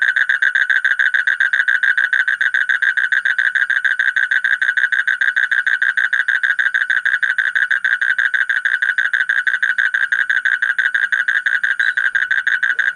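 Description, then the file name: Asian common toad producing an unbroken, rapid rattling trill of pulses that holds the same pitch and pace for the whole stretch. "suara kodok bangkong kolong kodok buduk"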